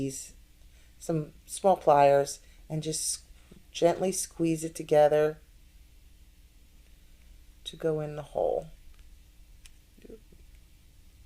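Someone talks while a small part of an Agora Models Optimus Prime (Pack 1) model is gently squeezed together with small pliers so it can go into a hole in the model body. After the talking, only a few faint, brief ticks of handling are heard. The part has not seated yet.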